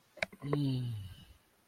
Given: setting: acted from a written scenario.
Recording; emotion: vocal sound without words; romantic love